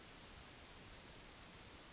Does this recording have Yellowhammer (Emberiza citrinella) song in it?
no